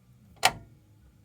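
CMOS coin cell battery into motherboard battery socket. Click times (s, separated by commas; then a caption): 0.4 s. A CMOS coin cell battery is slid into a motherboard battery holder, the side opposite the switch going in first, under the holder's two small black lips, then pushed down. A single sharp, bright click sounds at about 0.5 s as the latch catches, followed by quiet and a faint tick near the end. The battery is confirmed seated.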